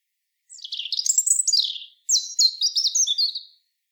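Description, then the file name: European robin song: two high, tumbling warbled phrases of thin whistles and trills, the second starting after a brief pause and ending in a fluttering trill. "Erithacus rubecula"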